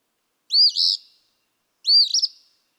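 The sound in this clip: Eastern phoebe: two rough, two-part songs from an Eastern phoebe, the later one with a trilled, sputtering ending.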